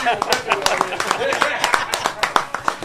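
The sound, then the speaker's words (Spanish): A short burst of steady hand clapping, sharp, brisk claps in a quick even rhythm from a few people, with voices murmuring and laughing faintly underneath. “un aplauso para las excusas de Gallito”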